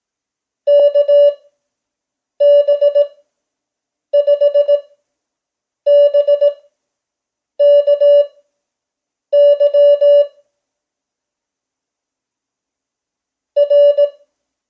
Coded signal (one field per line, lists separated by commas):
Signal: Morse code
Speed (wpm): 18 wpm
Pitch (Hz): 580 Hz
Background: none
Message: KB5BKY R